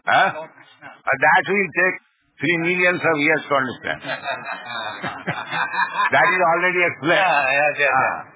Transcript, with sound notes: That will take three millions of years to understand. [laughter] That is already explained.